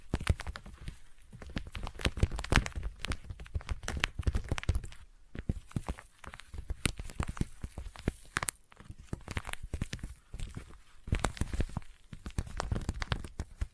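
Sticky tapping goes on without a break, a dense run of quick, crisp taps and tacky peeling clicks that reach high and bright. The pace is fast and uneven, with brief lulls near five and eight seconds before the busy clicking resumes.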